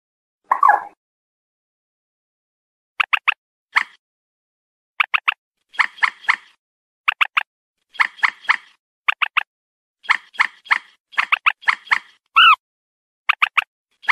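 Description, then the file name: Purple swamphen calls: harsh, nasal notes given in quick bursts of one to four, repeated against an otherwise quiet background. "Tieng trich re keu"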